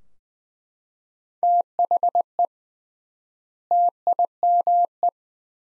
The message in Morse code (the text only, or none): THE TIME